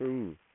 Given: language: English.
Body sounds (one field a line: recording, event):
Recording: throat vibration sensor signal played as sound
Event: speech